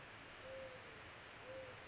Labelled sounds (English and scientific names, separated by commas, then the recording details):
Mourning Dove (Zenaida macroura)
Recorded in Sonoma County, California